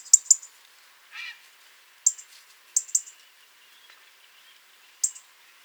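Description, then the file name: European robin calling with short, sharp high ticks, some in quick pairs, separated by pauses, with one brief lower rasping sound early on. "Erithacus rubecula"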